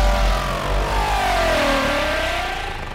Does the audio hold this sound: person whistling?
no